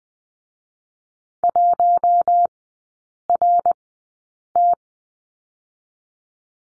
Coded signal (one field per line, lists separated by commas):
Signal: Morse code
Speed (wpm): 21 wpm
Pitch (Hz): 700 Hz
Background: none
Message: 1RT